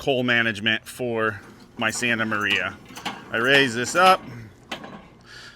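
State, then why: Seated. Someone talks while raising the height-adjustable cooking grate on a metal Santa Maria conversion frame for a 22-inch Weber kettle grill. A single sharp metallic ratchet click is heard at 4.7 s as the raised grate ratchets and locks into position.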